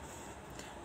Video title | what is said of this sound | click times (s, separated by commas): beaded baby necklace, 💖💖💖💖💖 | पहले वाला जो होती है यह लॉक हो गया इसके साथ है | 0.6 s